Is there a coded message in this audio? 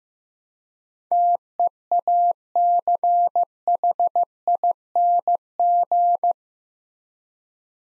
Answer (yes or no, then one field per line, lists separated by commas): yes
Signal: Morse code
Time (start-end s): 1.1-6.3 s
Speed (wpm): 15 wpm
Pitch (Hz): 700 Hz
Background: none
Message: TEACHING